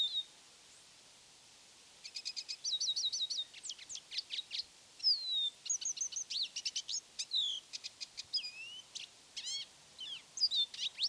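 Lesser goldfinch song: a long, varied jumble of high twittering notes, buzzy trills and sweeping slurred whistles, delivered almost without pause for about nine seconds.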